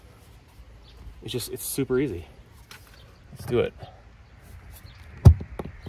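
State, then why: Seated. Someone talks as a Ring Spotlight Cam Plus security camera is pushed onto its wall mounting bracket. A sharp click at 5.3 seconds marks the camera seating in place on the bracket.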